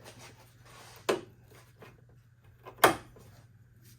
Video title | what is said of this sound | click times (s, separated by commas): BobMr2: DIY installing Garage P halo head light for sw20 mr2 | It'll snap in place. | 1.1 s, 2.8 s